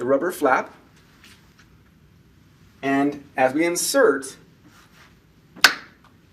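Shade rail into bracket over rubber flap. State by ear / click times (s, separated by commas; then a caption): seated / 5.6 s. A shade rail is inserted into a specialty bracket while the rubber flap is held down with a finger, as someone talks. A single sharp click at 5.6 seconds shows the rail is seated in the bracket.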